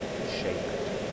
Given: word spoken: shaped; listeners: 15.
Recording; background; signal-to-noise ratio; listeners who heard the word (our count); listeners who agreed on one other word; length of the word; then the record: one English word in noise, from a listening test; speech-shaped noise; -5.0 dB; 1 of 15; 9 of 15; 0.72 s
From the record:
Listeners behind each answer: 9, 5, 1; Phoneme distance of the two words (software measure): 17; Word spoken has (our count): 1 syllable, 4 phonemes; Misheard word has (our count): 1 syllable, 3 phonemes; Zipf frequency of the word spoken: 4.30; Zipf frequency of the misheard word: 4.58